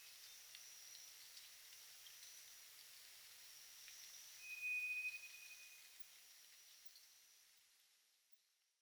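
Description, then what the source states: White's thrush giving one brief, steady, pure whistle midway through, set against a constant soft hiss that fades at the end. Recorded at night on 2 July 2007 at 23:34.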